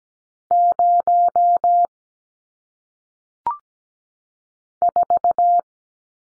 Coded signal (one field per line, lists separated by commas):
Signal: Morse code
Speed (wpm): 17 wpm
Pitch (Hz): 700 Hz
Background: none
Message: 0 4